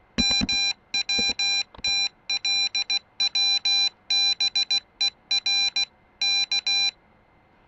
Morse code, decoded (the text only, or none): MWTLWBER K